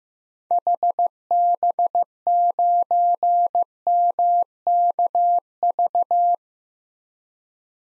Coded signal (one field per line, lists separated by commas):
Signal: Morse code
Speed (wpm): 15 wpm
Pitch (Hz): 700 Hz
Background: none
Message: HB9MKV